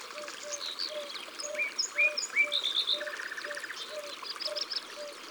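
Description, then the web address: Common nightingale singing softly with slurred whistles and a brief buzzy rattle, a steady low pulsing note running throughout. "Rossignol-philomele abc-de-la-nature"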